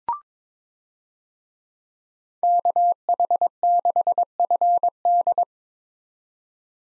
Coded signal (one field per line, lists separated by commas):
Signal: Morse code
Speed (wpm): 22 wpm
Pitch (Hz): 700 Hz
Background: none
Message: KH6FD